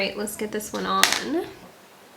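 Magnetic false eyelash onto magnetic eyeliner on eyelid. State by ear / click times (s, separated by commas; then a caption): not seated / none. Someone talks while a ten-magnet MoxiLash magnetic false eyelash is handled and brought toward the magnetic eyeliner on the eyelid. Nothing has seated or snapped onto the liner yet.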